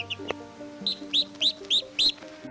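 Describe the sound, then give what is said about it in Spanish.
Small birds chirp in a quick series of bright, high tweets, about five evenly spaced calls rising in loudness over a soft, steady tonal background. “También vinieron algunas mariposas y pajaritos amigos de la tortuguita.”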